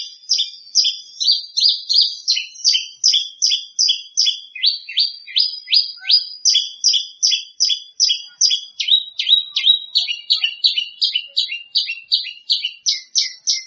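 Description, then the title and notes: Bird song of rapid, steady chirps, about two to three per second, in a long continuous run. "Kicau Burung Lengkap"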